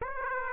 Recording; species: mosquito wingbeat signal from an infrared sensor; Aedes aegypti